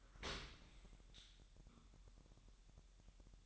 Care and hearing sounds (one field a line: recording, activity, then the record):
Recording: daily activity, microphone in the room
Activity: open dishwasher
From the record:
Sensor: 3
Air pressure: 1000.5 hPa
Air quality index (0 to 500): 248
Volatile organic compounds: 174 ppm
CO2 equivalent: 4123 ppm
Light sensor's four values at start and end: 11/25/10/10 and 11/25/10/10